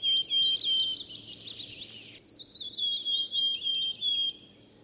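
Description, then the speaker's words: Willow Tit song, a run of high repeated notes in two phrases, over low background noise. Song rather than call, recorded with a proper microphone, in spring in the Sobibór Forests, Poland, amid wet alder carr, swampy birch woods and bogs. "Nie głos cikadi, tylko śpiew. Śpiew czarnogłówki bardzo mnie cieszy."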